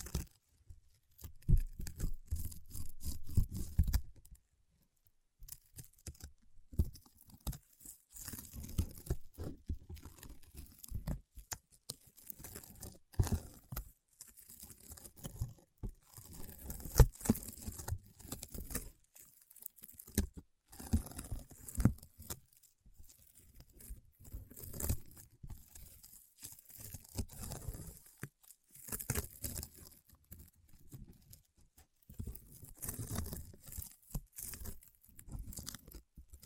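Paraffin wax being peeled, tapped and scratched, in a stream of dry, crackly tearing and crinkling sounds. Bursts of rough scraping alternate with quick taps and short pauses, one near five seconds, with soft low thuds under the brighter crackle throughout.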